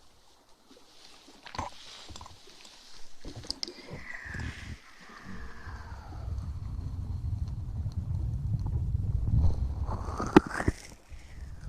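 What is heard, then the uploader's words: Hand sounds and movements: scattered taps and clicks, then a low rumbling rub building from about five seconds, with a sharp snap near ten. Hand Sounds & Movements, Mouth Sounds.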